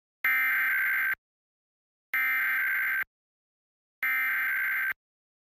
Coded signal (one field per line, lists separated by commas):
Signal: Emergency Alert System (SAME) tones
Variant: header bursts